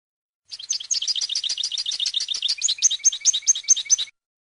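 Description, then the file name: European goldfinch song, a lively rapid stream of tinkling, twittering notes lasting several seconds, with clearer repeated whistled notes toward the end. "audio burung goldfinch"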